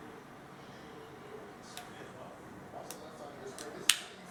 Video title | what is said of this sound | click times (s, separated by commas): Shimano Sahara FI 1000 service | There we go, finally. There we go. Hear it nice, click in there really nice. | 3.9 s